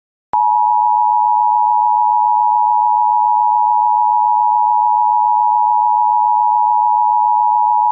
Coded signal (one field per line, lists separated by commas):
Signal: Emergency Alert System (SAME) tones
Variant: 853 and 960 Hz attention tone